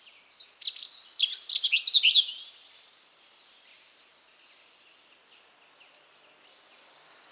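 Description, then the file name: European robin song: one loud, rapid, trilling phrase tumbling downward from very high notes, followed by faint, thin, high twitters. "Erithacus rubecula"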